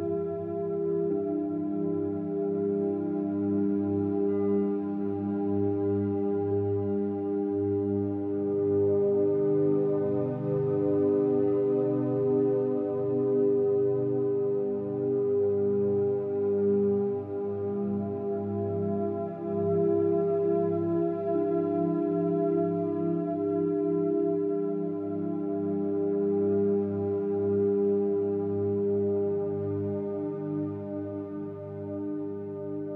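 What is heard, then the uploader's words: Singing bowls hum in a steady, dense layered drone, low and mellow tones sustaining evenly throughout with a faint slow shimmer, full. Root to Crown Singing Bowl Meditation. The resonant tones of singing bowls guide you from the root to the crown.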